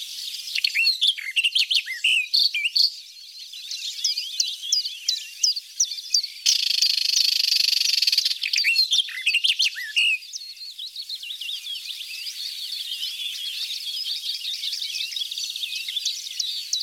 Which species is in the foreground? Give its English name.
Barred Warbler